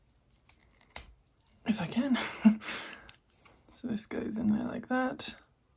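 A small plastic lancet needle is handled and pushed toward a finger-prick blood glucose lancing device while someone talks, with faint taps and a sharp tick near 1.0 s. Nothing has seated or clicked yet; the clip ends just before the needle goes home.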